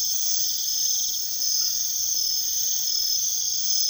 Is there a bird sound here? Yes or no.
no